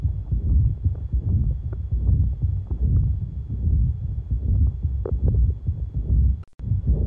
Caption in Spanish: Ruido en la fase media de diástole en el ápice, en presencia de insuficiencia aórtica, esto indica que estaremos en presencia del ruido de Austin Flint y indica que la insuficiencia valvular es muy probablemente severa.